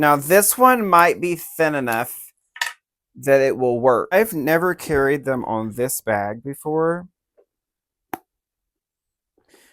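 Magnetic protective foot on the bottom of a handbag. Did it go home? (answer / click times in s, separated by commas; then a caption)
yes / 8.1 s. Someone talks, then a magnetic protective purse foot is pressed onto its mating magnet through the thin faux-leather bottom of a handbag. It snaps on with one sharp click at 8.1 s, seating in place much better than on other bags.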